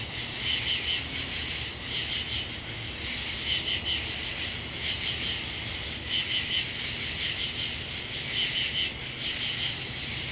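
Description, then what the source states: Katydids calling in chorus, scratchy pulse groups recurring over a continuous high insect drone and faint low rumble. Pennsylvania.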